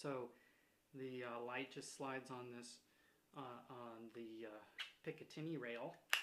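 A tactical weapon light is being slid along a Picatinny rail toward its mount while someone talks. The light has not seated or clicked into place yet.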